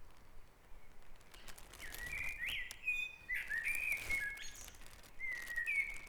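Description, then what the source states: Birds singing: bright whistled phrases, several short bursts in quick succession over a steady low background hum. Dawn chorus on Back Dragon Avenue in Harrogate, part of a sound map of the town.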